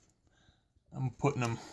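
A plastic valance clip is being handled and positioned for pushing onto the metal headrail of a window blind, a part meant to give two clicks as it goes on. Faint handling noise is followed by someone talking. Nothing has seated or clicked yet.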